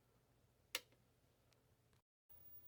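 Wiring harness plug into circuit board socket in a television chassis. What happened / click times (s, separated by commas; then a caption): The plug snapped home in its socket / 0.8 s. A wiring harness plug is pushed back into its circuit board socket in the chassis of a 1974 RCA AS128e 12-inch black-and-white solid-state television that still didn't work after repair, because the plug had not been seated properly. One sharp click at 0.8 s stands out over a low steady hum, followed by faint small ticks and a brief dropout to silence around 2.0–2.3 s. The plug is seated.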